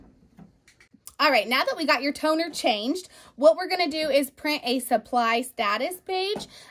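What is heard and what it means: The plastic front hatch of an HP Color LaserJet M283 CDW laser printer is closed into the printer body after a toner cartridge has been pushed in. Faint soft knocks come first, then a sharp, short hit at 1.1 s as the door latches shut. Someone then talks.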